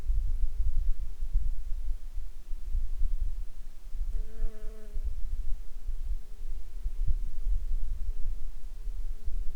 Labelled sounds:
insects

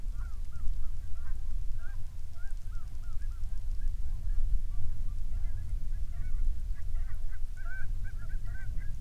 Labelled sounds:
waterfowl, rain

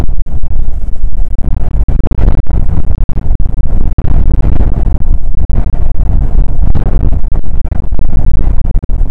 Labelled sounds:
wind

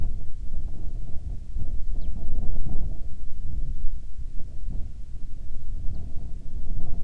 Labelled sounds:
bird, wind

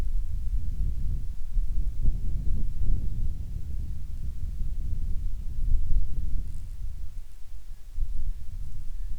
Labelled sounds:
wind

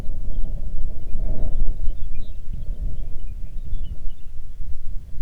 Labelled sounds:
wind

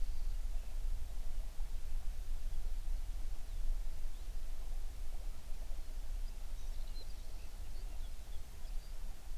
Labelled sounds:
songbird

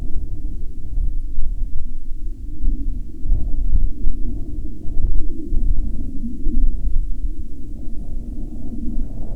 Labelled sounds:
wind, aircraft

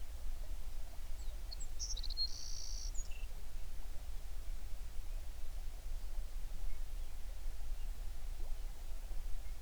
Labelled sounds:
songbird

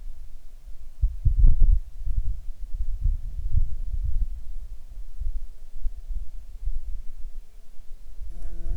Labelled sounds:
insects

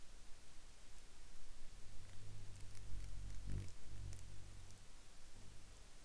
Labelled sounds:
insects

